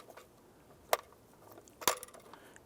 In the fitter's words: and you'll feel it and hear it snap into place